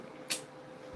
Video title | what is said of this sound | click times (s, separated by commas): New Finds today!! | it also snaps into place. | 0.3 s